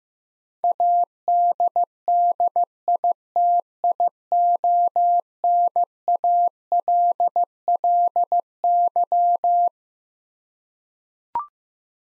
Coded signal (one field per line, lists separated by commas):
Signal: Morse code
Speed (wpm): 15 wpm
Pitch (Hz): 700 Hz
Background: none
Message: ADDITIONALLY